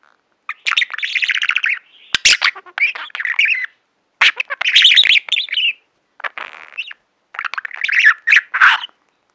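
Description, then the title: Budgerigar chattering in several bursts of scratchy, warbling notes mixed with sharp squawks, separated by short pauses. "Budgie Sounds"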